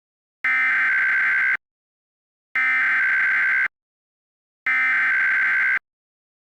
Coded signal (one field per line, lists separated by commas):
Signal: Emergency Alert System (SAME) tones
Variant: header bursts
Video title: EAS Scenario - Baby Shark